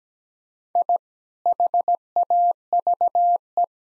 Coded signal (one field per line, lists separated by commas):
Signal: Morse code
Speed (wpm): 17 wpm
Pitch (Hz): 700 Hz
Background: none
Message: I HAVE